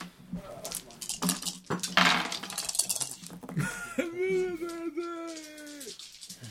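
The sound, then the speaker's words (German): Dice rattle and clatter in a burst of sharp, irregular clicks for a few seconds during a tabletop role-playing game, then a voice holds a steady, drawn-out tone as the rolling settles. “Macht bitte einen Wurf auf Bahn.”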